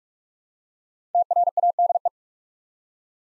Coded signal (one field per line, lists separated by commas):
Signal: Morse code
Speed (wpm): 44 wpm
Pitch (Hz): 700 Hz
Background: none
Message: TRADE